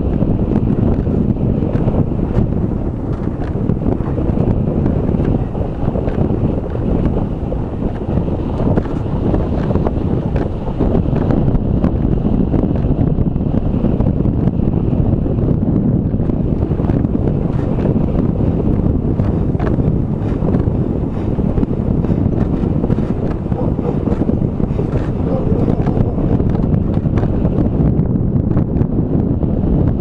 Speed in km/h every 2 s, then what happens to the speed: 23, 23, 23, 22, 22, 21, 21, 20, 19, 17, 17, 19, 20, 21, 23.
0-19 steady at about 21. 19-30 speeds up to 23.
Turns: none.